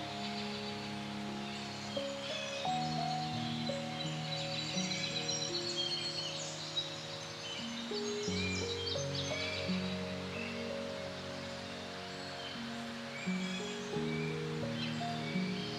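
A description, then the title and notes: Soft music with long held low notes shifting chords every few seconds, over a steady forest rustle with faint bird chirps scattered above. Soothing MUSIC and the Sound of the FOREST. The authentic sounds of the forest are interlaced with soft music.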